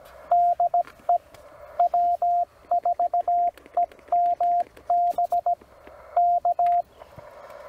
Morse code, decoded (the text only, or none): DE W4EMB K